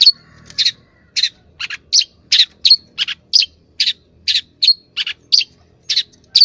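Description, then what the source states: Long-tailed shrike song: a rapid, steady series of short, scratchy chattering notes, about three each second. Masteran training recording for caged songbirds.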